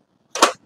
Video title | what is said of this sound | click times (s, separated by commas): உங்க கிட்சனுக்கு தேவையான Branded Triply Cookware Flat 40% Offer // MMA Abdul Kadhar & Co | so இது locking பாருங்க ரொம்ப ஸ்மூத்தா லாக் ஆகும் அதேபோல | 0.4 s